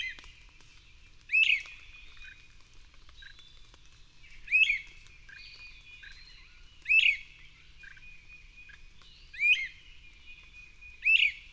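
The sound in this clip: Bird song of five sharp rising chirps spaced a few seconds apart, with soft short notes and faint thin whistles in the gaps.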